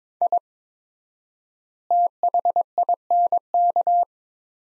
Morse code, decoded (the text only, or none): I THINK